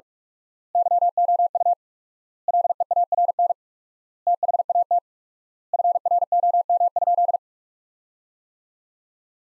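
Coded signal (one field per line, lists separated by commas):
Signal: Morse code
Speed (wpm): 47 wpm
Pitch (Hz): 700 Hz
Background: none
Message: YOU LEARN THAT FROM?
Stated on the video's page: Practice sentences from top 300 words at 45 wpm with 4x word spacing, a word-based analogue of Farnsworth.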